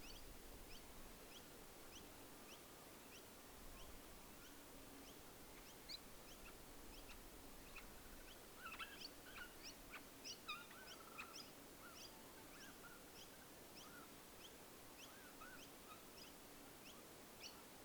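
Night ambience at Menindee Lakes, with a steady wash of insects and a regular ticking pattern of short high chirps repeating throughout. Scattered brief calls and clicks pop up more densely between eight and thirteen seconds over a low, even rumble.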